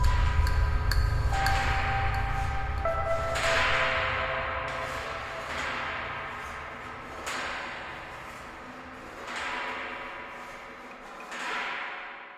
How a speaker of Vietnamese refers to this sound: Khi cả 6 người xuống tới bên dưới rồi, thì từ sau cánh cửa chợt vang lên mấy tiếng ping pong nhỏ nhỏ của cây đàn piano.